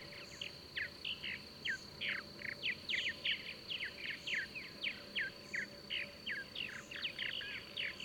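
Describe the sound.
Bird sings a continuous sequence of short, sharp chirps, with a persistent high-pitched hum and soft pulses repeating in the background.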